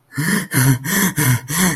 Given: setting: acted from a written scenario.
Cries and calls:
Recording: vocal sound without words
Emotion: distress

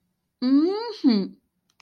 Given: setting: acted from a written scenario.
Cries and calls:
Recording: vocal sound without words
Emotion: triumph

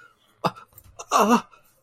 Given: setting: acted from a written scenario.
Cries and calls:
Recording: vocal sound without words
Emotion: pain

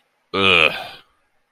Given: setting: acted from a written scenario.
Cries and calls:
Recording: vocal sound without words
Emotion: contempt

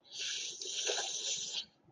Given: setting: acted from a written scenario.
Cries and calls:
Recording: vocal sound without words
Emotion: embarrassment

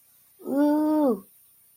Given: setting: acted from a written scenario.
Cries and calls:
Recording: vocal sound without words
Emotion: awe

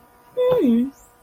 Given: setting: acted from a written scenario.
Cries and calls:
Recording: vocal sound without words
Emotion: distress

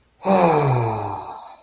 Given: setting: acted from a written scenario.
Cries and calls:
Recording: vocal sound without words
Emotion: contentment

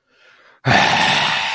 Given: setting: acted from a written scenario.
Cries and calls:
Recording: vocal sound without words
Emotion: anger

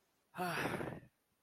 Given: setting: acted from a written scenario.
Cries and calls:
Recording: vocal sound without words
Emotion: ecstasy

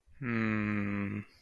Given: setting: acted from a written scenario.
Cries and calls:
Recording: vocal sound without words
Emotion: confusion

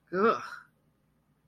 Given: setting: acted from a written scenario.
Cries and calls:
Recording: vocal sound without words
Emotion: contempt

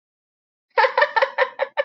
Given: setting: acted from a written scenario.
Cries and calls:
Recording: vocal sound without words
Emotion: amusement

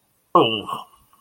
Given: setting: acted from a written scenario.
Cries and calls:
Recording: vocal sound without words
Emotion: realization

